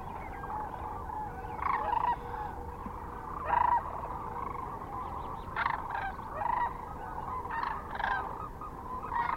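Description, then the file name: Sandhill cranes in a rolling chorus, with louder bugling calls breaking out at intervals over the massed flock. Kearney, Nebraska, on 9 March 2004. "2004-03-09 SACRandmore C Kearney NE"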